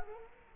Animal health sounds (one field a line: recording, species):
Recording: mosquito wingbeat signal from an infrared sensor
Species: Culex quinquefasciatus